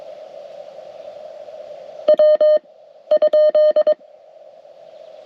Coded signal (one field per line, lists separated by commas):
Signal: Morse code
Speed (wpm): 22 wpm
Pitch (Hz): 610 Hz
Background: none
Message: W ?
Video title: Gravel Roads and Radio Codes: A Successful CW Activation!